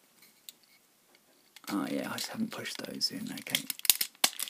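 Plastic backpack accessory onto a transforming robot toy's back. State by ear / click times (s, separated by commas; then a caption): seated / 4.2 s. Someone talks while pressing the plastic backpack accessory of a Perfect Effects Warden DX-03 onto the back of the transforming robot toy, after realizing its tabs had not been pushed in. A sharp, loud click at 4.2 s marks the backpack locking into place, held by two tabs on one side and one on the other.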